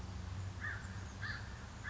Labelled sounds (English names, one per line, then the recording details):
American Crow
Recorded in Sonoma County, California